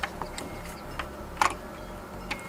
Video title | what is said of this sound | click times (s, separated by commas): HOW TO REPLACE MAP SENSOR ON HYUNDAI ELANTRA | we have to do push the wire in until it clicks okay | 1.4 s